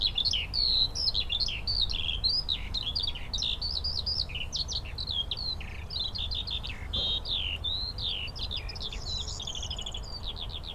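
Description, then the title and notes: Eurasian skylark with a long, fast, jumbled song of high chirps and trills, steady throughout, with a low rumble beneath. Skylarks singing in fields by St. Isidore's wayside shrine, Sosna Góra, Siemianowice Śląskie, Poland; Saturday 18 May 2019; Zoom H5, Audio-Technica BP4025. "Siemianowice Śląskie, Polska - skowronek przy kapliczce św. Izydora. Sobota, 18 maja 2019. Wśród pól znajduje się kapliczka świętego Izydora na Sosnej Górze. W polu śpiewają skowronki i brzęczą owady"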